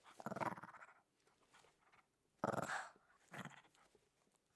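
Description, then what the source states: Dog giving two harsh growls with a quieter snarl after, separated by pauses. Small dog.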